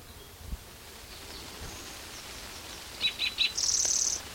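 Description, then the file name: Spotted towhee song: three short introductory notes, then a fast, buzzy trill held for about two-thirds of a second over faint background hiss. Recorded 12 June 2009. "Cicero 12 Jun 2009 Pmaculatus"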